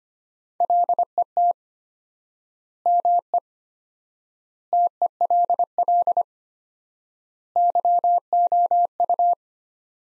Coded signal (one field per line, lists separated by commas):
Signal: Morse code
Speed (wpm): 25 wpm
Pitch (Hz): 700 Hz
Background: none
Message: LET ME TELL YOU